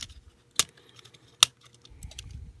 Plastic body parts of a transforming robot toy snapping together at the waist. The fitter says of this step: There, see, it's got a waist swivel. Now it's all locked into place.